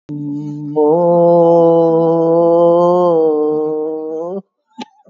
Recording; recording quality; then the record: sustained vowel as in boot; excellent, no background noise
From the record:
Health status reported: COVID-19 positive, mild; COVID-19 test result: positive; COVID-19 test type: RT-PCR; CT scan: taken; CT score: 2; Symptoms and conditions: sore throat, fever, diabetes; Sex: female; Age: 70 years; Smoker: no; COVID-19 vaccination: none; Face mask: worn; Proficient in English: yes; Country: India